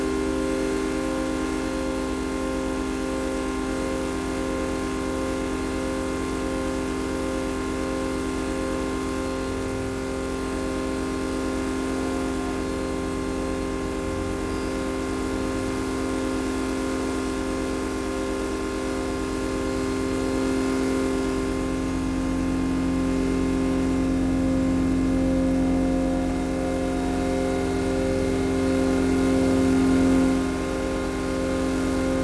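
Electromagnetic signals from a Northern Line tube train travelling at rush hour form a steady, dense hum of stacked tones. Mid-pitched tones waver and pulse in repeating patterns, with a low buzz underneath. Volume holds even, swelling slightly toward the end.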